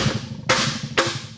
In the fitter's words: Take your Impostor wheel skin and line up your valve stem hole and pop into place.